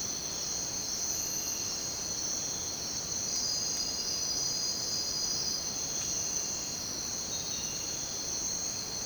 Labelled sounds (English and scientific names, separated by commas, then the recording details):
none
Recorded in dense forest near Puerto Asís, Putumayo, Colombia, on 22 June 2025 at 05:00
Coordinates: 0.484, -76.317
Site G045